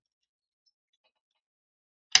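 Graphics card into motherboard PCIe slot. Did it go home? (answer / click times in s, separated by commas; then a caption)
yes / 2.2 s. A graphics card is pressed into a motherboard PCIe slot, and after near silence with a few faint high ticks, a sharp, bright click sounds at 2.2 s. It is the slot's retention lock moving back up after being pushed down by the card's tab, confirming the card is seated.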